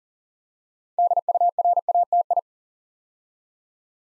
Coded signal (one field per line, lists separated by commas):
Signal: Morse code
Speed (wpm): 40 wpm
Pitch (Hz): 700 Hz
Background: none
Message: DURATI